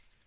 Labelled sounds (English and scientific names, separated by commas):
Tennessee Warbler (Leiothlypis peregrina) flight call